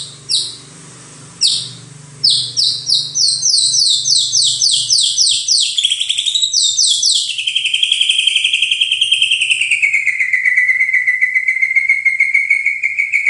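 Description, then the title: White-rumped shama song: a fast run of sharp descending notes speeding up, then a long sustained wavering whistle drifting lower over several seconds. "MURAI BATU"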